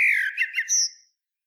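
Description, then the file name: Common blackbird call: a harsh, squawky note with bright overtones, then a few short rasping bursts, fading out. "Turdus merula"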